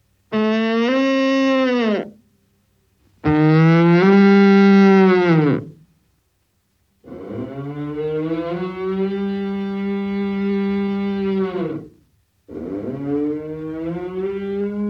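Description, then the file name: Moose giving long, drawn-out nasal moans, four calls rich in harmonics, some lasting several seconds, with slight pitch bends at the ends. "Лось"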